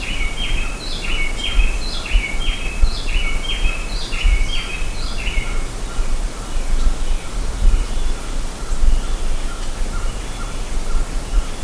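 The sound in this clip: Bird calls: rapid, bright chirped notes in close clusters for about six seconds, then quieter, with heavy low rumble throughout.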